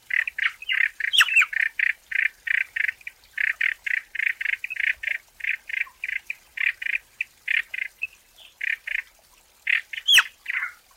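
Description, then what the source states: Frogs giving rapid, fairly evenly spaced rasping croaks in a steady pulsing series, with a brief sharp sound near the start and another near the end. Frogs calling in a forest.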